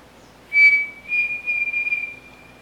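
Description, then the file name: Pavonine Cuckoo whistled phrase: one clear note, a pause, then a sustained level whistle that wavers and trembles before fading. "canto do peixe frito pavonino"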